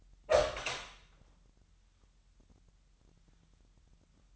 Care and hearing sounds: daily activity, microphone in the room; open door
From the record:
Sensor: 3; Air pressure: 998.4 hPa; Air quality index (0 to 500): 140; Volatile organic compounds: 4 ppm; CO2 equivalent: 1676 ppm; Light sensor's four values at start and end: 16/47/19/18 and 16/47/19/18

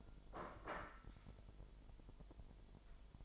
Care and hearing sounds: daily activity, microphone in the room; place plate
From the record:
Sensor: 5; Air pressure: 1002.1 hPa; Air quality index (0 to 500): 224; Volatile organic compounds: 28 ppm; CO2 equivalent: 2918 ppm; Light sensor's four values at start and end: 10/24/10/11 and 10/24/10/11

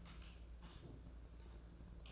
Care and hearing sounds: daily activity, microphone in the room; typing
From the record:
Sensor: 2

